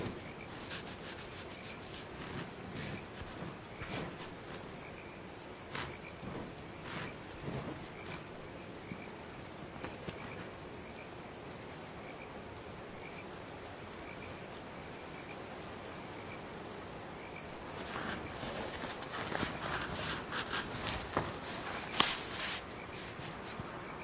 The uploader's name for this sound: the sound of calm rain, the sound of grass insects and frogs, and the sound of gongs on the hour